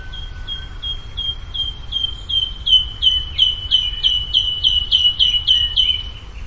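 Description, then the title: Bird song: quick high chirped notes repeated about three times a second, growing louder and then fading over six seconds. "LuckyPassaro Completos2Sama"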